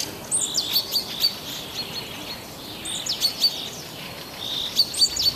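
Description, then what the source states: Birds singing: high, thin chirps and short whistled phrases in a few clusters, with quieter gaps between. Birdsong in a forest.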